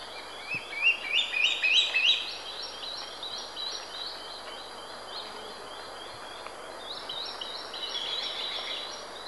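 Swallow-tailed kite calls, a fast series of high thin whistled notes in the first two seconds, then fainter repeated whistles later over steady background hiss.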